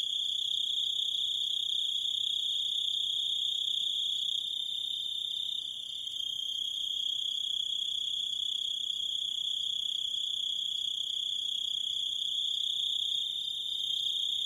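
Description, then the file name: Grasshopper song, a long, sustained high insect trill with a brief dip in volume around the middle before resuming. "zvuki kuznechika"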